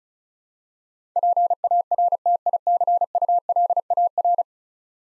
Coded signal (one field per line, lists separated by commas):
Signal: Morse code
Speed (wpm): 36 wpm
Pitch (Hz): 700 Hz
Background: none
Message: PARTICULAR